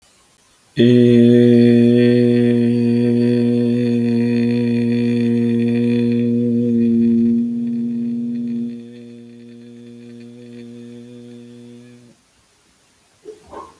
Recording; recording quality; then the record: sustained vowel as in made; excellent, no background noise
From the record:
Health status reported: healthy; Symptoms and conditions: none ticked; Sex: male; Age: 22 years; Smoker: not ticked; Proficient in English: yes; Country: India